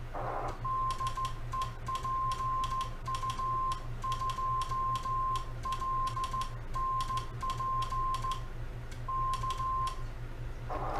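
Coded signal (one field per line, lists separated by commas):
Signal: Morse code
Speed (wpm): 14 wpm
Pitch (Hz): 1050 Hz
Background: none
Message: DE PU2LNP K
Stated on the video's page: CW practice oscillator (model CW-TR2) keyed with a bug-type semi-automatic key.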